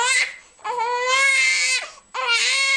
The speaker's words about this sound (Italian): È personale. Il pianto di ciascun bambino è unico. E persino i gemelli monozigoti hanno tonalità differenti. Ogni bambino ha impronte sonore diverse, così come sono diverse le impronte dei polpastrelli delle dita.